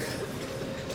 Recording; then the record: coughing mixed with background sound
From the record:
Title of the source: 55 gaggy wet cough